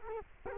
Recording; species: mosquito wingbeat signal from an infrared sensor; Culex quinquefasciatus